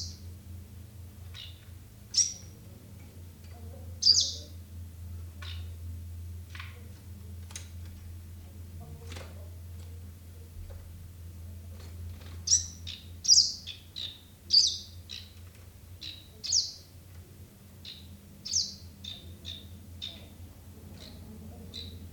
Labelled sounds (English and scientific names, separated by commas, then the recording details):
Greenish Warbler (Phylloscopus trochiloides) call
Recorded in the wild
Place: Rostock, Mecklenburg-Vorpommern, DE
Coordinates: 54.092, 12.099
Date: 1971-06-16 19:30
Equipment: Nagra III BH, Sennheiser MD 21
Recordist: Schubert, Michael
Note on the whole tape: Grüner Laubsänger, diverse Rufe des kurzzeitig eingefangenen Vogels